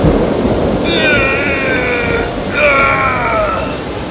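A storm at sea roars with steady, rumbling wind noise throughout, as two long, high, wavering howls of wind rise over it one after the other, while the waters rise around a ship stuck on a giant rock.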